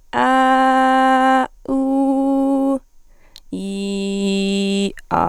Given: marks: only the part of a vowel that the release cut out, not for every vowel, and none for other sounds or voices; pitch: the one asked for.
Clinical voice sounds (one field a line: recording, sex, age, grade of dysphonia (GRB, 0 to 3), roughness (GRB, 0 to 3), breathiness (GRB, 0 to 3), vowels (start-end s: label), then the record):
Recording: sustained vowels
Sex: female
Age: 18 to 19 years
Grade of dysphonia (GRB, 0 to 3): 0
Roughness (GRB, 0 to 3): 0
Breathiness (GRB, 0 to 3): 0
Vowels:
0.27-1.39 s: vowel /a/, high pitch
1.74-2.72 s: vowel /u/, high pitch
3.64-4.83 s: vowel /i/, low pitch
From the record:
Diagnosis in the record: healthy voice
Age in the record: 19 years